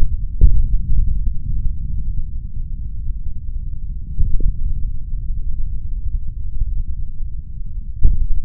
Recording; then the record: forearm muscle sounds (acoustic myography)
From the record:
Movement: finger pinch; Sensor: system 3, bracelet of six PUI Audio POM-2738L microphones around the upper forearm, with dedicated amplification and filtering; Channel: 1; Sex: male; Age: 26 years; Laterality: right